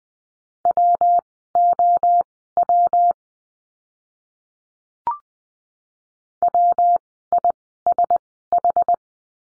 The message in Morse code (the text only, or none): WOW WISH